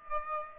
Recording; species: mosquito wingbeat signal from an infrared sensor; Aedes aegypti